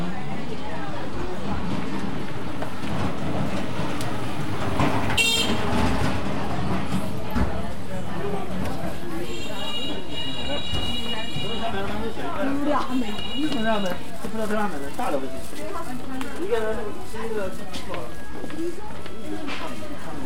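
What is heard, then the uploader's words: Busy street scene with steady crowd chatter, a brief sharp clatter near five seconds, and high beeping tones around ten to fourteen seconds. Caiyi Street is a very unique old street in the Yanzhou old district. The east side of the street meets Guan Street from the Song Dynasty and the west meets the Siwang Pavilion from the Ming Dynasty.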